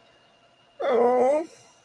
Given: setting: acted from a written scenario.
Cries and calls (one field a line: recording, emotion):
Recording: vocal sound without words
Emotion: embarrassment